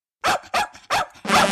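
Dog barking, three short sharp barks in quick succession followed by a longer, rougher bark.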